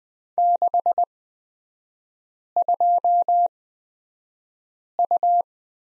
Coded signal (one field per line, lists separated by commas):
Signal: Morse code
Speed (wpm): 20 wpm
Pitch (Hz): 700 Hz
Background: none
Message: 62U